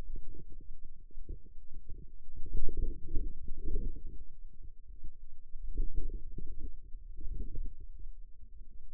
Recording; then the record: forearm muscle sounds (acoustic myography)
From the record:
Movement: outward rotation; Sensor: system 2, bracelet of six BSWA MPA416 microphones around the upper forearm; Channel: 5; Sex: female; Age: 21 years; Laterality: right